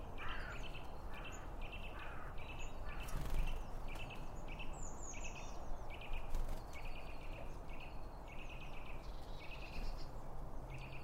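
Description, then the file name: Birds chirping, a short bright note repeated many times throughout, with thin high whistles over steady low background noise. Birds around a bird feeder, recorded with two Line Audio OM 1 microphones. "Birds Around Birdfeeding With Two Om 1 From Line Audio"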